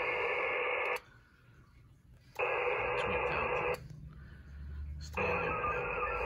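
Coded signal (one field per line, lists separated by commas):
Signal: HF data modem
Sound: three bursts of wide, even digital hiss with abrupt starts and stops, quieter gaps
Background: radio static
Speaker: sounds like we got an answer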